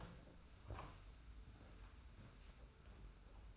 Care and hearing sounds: daily activity, microphone in the room; open door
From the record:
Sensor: 2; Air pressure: 991.4 hPa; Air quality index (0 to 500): 152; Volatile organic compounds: 486 ppm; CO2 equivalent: 4800 ppm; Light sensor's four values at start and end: 32/95/37/35 and 32/95/37/35

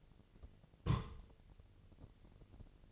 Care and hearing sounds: daily activity, microphone in the room; place on stove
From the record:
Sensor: 4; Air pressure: 1000.2 hPa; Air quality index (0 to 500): 215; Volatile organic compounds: 23 ppm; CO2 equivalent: 2776 ppm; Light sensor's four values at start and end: 9/20/8/7 and 9/20/8/8

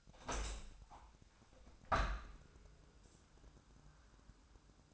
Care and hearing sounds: daily activity, microphone in the room; open window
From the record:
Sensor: 2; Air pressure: 1000.3 hPa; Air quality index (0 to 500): 160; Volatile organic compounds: 3 ppm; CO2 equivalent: 1325 ppm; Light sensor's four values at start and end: 11/30/11/13 and 12/31/12/14

